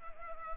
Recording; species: mosquito wingbeat signal from an infrared sensor; Culex pipiens